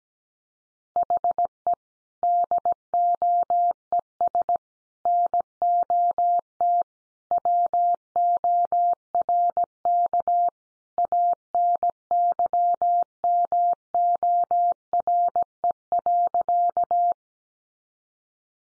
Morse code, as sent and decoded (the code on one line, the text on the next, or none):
.... . / -.. --- . ... / -. --- - / .-- --- .-. -.- / .- -. -.-- -- --- .-. . .-.-.-
HE DOES NOT WORK ANYMORE.